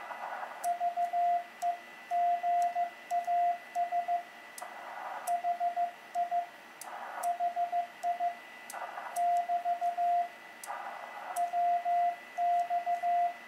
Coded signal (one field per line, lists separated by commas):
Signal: Morse code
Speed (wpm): 15 wpm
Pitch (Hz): 700 Hz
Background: radio noise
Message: VEGAS HI HI <BT> WX